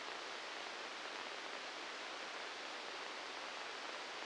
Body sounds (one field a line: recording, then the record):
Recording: brain microelectrode recording played as sound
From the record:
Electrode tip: inside the subthalamic nucleus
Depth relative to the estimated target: -2 mm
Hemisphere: left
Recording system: NeuroSet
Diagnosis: Parkinson's disease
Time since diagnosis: 7 years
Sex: male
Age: 44 years